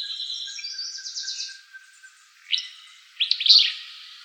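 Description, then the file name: Willow flycatcher song: a thin series of high notes, then two abrupt buzzy sneezing phrases, the second louder and burry. Recorded in Arizona. "WIFL 7 B deviche"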